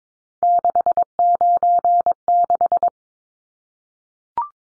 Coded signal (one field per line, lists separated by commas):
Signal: Morse code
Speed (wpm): 22 wpm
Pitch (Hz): 700 Hz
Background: none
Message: 696